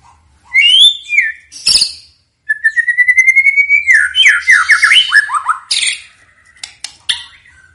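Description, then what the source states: White-rumped shama singing a long steady rising whistle followed by rapid descending chattering notes and scattered clicks. Loud, vigorously singing bird used as a lure to make birds respond.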